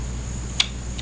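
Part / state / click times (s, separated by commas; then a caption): arrow nock onto crossbow string / seated / 0.6 s. A crossbow arrow is loaded into the flight groove and pushed back until its snap-on nock, like a compound bow's, snaps in place on the string. A single sharp click is heard at 0.6 s over a low steady hum, followed by a fainter tick near 1.0 s, and the nock is seated.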